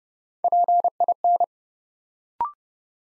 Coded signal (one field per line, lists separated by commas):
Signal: Morse code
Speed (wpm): 30 wpm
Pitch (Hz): 700 Hz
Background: none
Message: PIN